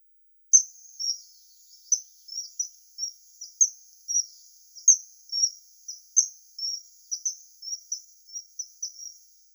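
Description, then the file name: Common kingfisher uttering a rapid, steady series of sharp, high piping whistles throughout. "Alcedo atthis"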